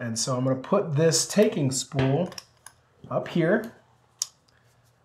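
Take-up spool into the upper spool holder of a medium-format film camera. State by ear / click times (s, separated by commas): seated / 4.2 s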